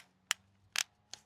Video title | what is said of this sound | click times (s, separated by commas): Kit breakdown series: Kore Essentials battle belt | And to tighten it, you just push it. You hear those clicks | 0.3 s, 0.8 s, 1.1 s